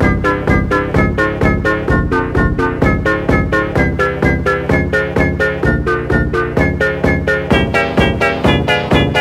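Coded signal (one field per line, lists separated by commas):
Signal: none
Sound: electronic music beeps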